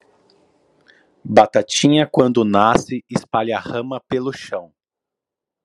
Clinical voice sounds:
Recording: short text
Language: Brazilian Portuguese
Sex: male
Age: 40 to 49 years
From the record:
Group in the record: control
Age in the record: 41 years

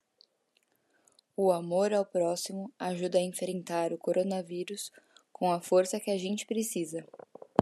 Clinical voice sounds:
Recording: spoken sentence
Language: Brazilian Portuguese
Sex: female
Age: 30 to 39 years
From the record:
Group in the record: control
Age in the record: 32 years

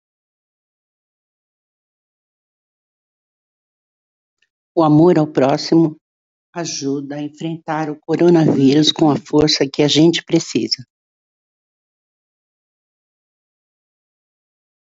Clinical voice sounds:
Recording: spoken sentence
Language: Brazilian Portuguese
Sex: female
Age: 60 to 69 years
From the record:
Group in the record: control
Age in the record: 61 years

